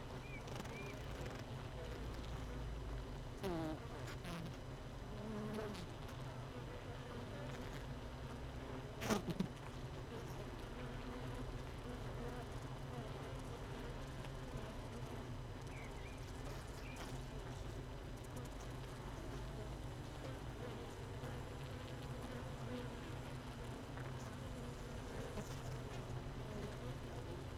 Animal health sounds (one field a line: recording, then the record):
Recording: honeybee colony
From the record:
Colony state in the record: missing queen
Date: 31 May 2018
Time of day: 16:50